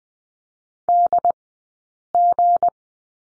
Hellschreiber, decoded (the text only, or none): none